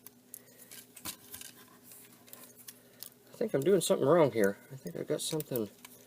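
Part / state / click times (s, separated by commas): plastic transforming-toy part into its slot on the figure / not seated / none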